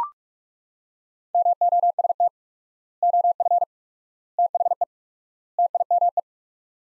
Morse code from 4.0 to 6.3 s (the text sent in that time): THE TIME